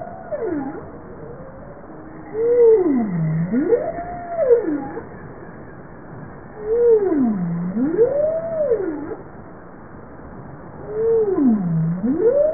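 Bowhead whale giving low moaning calls that sweep down then back up in smooth U-shaped arcs, repeated about every four seconds over a steady underwater hiss.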